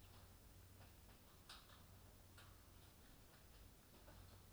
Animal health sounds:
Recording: poultry house recording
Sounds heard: no chicken sound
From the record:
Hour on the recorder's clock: 22

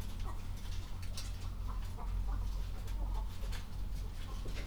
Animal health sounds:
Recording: poultry house recording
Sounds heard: healthy chickens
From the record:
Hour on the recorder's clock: 21

